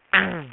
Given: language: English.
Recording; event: throat vibration sensor signal played as sound; throat clearing